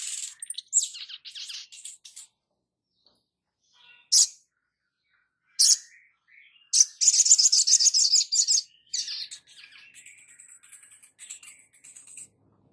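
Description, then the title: Spiderhunter song: scattered high twitters and chips, a loud rapid buzzy trill around the middle, then a thin fading high chatter. Labaik song variant. "Sogok Ontong Labaik"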